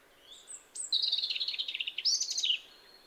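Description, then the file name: European robin delivering a fast, rattling trill of high notes, then a sharp rising flourish that slides down, against steady faint background hiss. "Erithacus rubecula"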